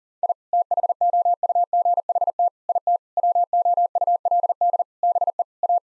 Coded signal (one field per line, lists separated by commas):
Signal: Morse code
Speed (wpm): 40 wpm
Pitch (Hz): 700 Hz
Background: none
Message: I THOUGHT IT WOULD BE A